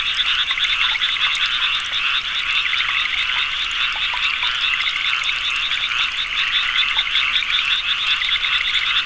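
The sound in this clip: Frogs calling in a dense chorus, rapid overlapping pulsed croaks forming a steady high-pitched trill throughout, with no other clear sounds.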